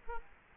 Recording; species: mosquito wingbeat signal from an infrared sensor; Culex quinquefasciatus